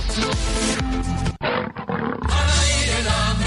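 lion roaring

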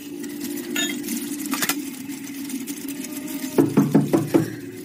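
knocking

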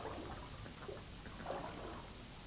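river water flowing

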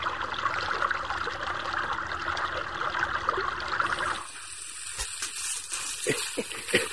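water trickling

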